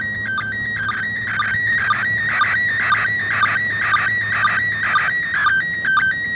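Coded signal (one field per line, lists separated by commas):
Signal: SSTV (slow-scan television)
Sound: steady warbling, buzzing tone with a short low chirp about twice a second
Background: radio static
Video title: ARISS SSTV Lunar Exploration Dec. 31, 2021 10:35pm pst grid-PK04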